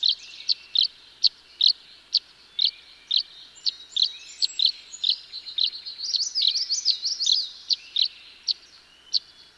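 Tree swallow calls: crisp repeated high chirps punctuated by a tumbling liquid twitter in the middle, faint hiss underneath.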